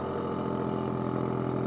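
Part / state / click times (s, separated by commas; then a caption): metal lid on a glass canning jar, sealed by vacuum attachment / not seated / none. A metal lid sits on a glass canning jar under the jar attachment of a Lava V400 vacuum sealer, with the pump running to pull a vacuum on the lid. A steady motor hum fills the clip, with a brief sharp sound at 1.7 s at the very end. The lid has not yet popped down or sealed.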